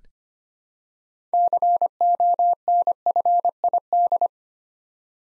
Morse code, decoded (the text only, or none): CONFID